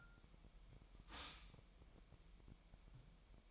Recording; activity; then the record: daily activity, microphone in the room; stop toaster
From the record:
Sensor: 1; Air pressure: 1002.0 hPa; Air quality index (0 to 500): 241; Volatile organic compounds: 46 ppm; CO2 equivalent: 3238 ppm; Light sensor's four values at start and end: 10/34/12/14 and 10/34/12/14